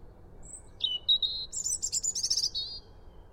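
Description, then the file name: European robin song opening with high whistles, then a fast buzzy trill of rapid repeated notes that gradually descends. "Erithacus rubecula"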